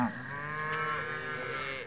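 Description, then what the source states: Cow mooing in one long, steady, harmonic-rich low call lasting nearly two seconds. Cows grazing in a pasture.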